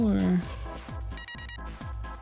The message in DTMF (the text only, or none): none